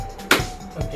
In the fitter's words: Okay, lock பண்ணியாச்சு.